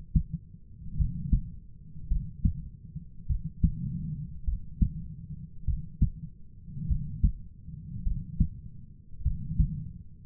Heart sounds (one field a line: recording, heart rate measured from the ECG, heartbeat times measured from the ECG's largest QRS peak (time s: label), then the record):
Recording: heart sounds by stethoscope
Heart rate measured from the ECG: 51 bpm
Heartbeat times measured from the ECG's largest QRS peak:
0.95 s: heartbeat
2.07 s: heartbeat
3.26 s: heartbeat
4.44 s: heartbeat
5.64 s: heartbeat
6.86 s: heartbeat
8.02 s: heartbeat
9.22 s: heartbeat
From the record:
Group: heart failure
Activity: rest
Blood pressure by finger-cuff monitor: 69/40 mmHg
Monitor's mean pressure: 50 mmHg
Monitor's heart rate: 50 bpm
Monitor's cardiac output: 4.2 L/min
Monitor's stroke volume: 81 mL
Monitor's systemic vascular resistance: 830 dyn s/cm5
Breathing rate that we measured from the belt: 21 breaths a minute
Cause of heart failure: dilated cardiomyopathy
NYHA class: 3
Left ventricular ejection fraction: 27%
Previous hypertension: present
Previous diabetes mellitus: present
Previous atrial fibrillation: present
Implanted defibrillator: present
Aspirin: present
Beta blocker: bisoprolol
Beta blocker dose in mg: 1.25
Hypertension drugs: sacubitril-valsartan, spironolactone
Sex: female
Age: 39 years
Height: 170 cm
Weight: 64 kg